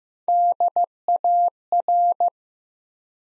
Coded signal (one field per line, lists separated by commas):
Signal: Morse code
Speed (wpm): 15 wpm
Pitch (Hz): 700 Hz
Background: none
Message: DAR